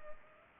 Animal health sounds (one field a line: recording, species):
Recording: mosquito wingbeat signal from an infrared sensor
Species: Culex pipiens